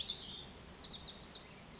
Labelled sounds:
Bewick's Wren (Thryomanes bewickii)
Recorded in Sonoma County, California

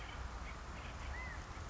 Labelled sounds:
California Quail (Callipepla californica)
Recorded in Sonoma County, California

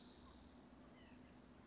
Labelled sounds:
White-breasted Nuthatch (Sitta carolinensis)
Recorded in Sonoma County, California

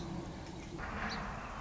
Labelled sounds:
Song Sparrow (Melospiza melodia)
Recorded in Sonoma County, California

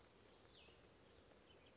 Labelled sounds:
Cassin's Vireo (Vireo cassinii)
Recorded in Sonoma County, California

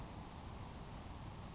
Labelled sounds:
Grasshopper Sparrow (Ammodramus savannarum)
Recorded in Sonoma County, California

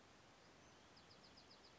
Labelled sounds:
Bewick's Wren (Thryomanes bewickii)
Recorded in Sonoma County, California

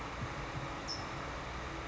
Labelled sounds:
California Towhee (Melozone crissalis)
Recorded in Sonoma County, California

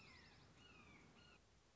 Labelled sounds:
Red-shouldered Hawk (Buteo lineatus)
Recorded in Sonoma County, California

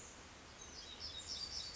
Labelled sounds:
Black-throated Gray Warbler (Setophaga nigrescens)
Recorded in Sonoma County, California

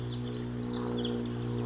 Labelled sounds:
California Towhee (Melozone crissalis)
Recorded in Sonoma County, California

